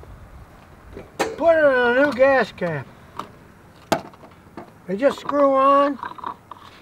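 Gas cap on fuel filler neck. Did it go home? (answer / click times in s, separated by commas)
yes / 6.3 s, 6.5 s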